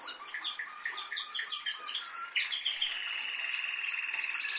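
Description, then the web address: Canary song, a fast string of repeated chirps at a steady pace, then a continuous rolling trill. "Canari Seda Canari"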